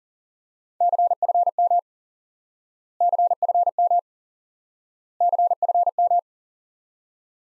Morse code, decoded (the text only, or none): CFM CFM CFM